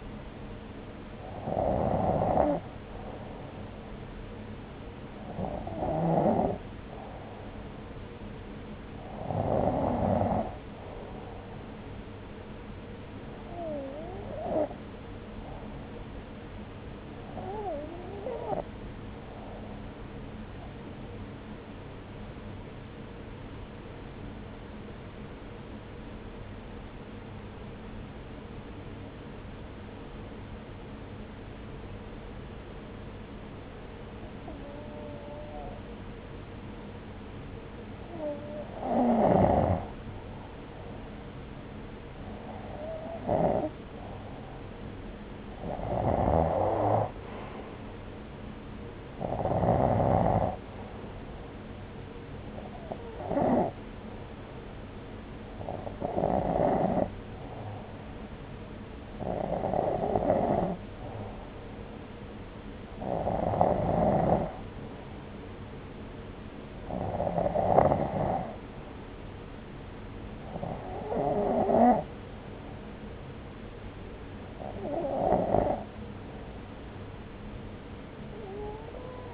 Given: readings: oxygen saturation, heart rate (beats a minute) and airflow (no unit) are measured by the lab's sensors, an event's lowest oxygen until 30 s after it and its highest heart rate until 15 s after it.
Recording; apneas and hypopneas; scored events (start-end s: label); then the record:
breathing in sleep by a voice recorder at the bedside; 1
16.00-40.90 s: hypopnea (N1, oxygen 96% highest, then 92% lowest)
From the record:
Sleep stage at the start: N1 (lightest sleep); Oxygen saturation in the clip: 89 to 96%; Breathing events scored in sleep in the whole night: 303 in 8.1 hours asleep